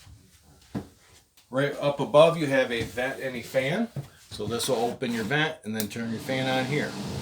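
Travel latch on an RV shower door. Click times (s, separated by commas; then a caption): 0.8 s. The travel latch inside the shower door of a 2021 Eagle 336FBOK RV is latched down for travel, giving a single short click at 0.8 s that shows it is secure. Someone then talks for the rest of the clip.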